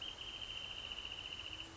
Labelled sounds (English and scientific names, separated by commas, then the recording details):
Wrentit (Chamaea fasciata)
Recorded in Sonoma County, California